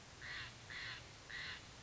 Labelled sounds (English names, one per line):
Steller's Jay